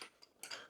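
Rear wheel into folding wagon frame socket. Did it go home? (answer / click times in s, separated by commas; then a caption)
yes / 0.4 s. A second rear wheel is pushed onto the axle socket of a TIMBER RIDGE 400L Double Decker folding wagon frame, and it seats with a click at 0.4 s, locking in place. A faint tick comes just before at 0.2 s, and another sharp transient follows at the very end, 0.7 s.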